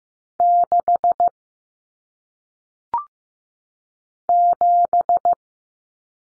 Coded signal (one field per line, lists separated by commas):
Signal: Morse code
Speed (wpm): 15 wpm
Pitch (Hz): 700 Hz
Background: none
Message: 6 7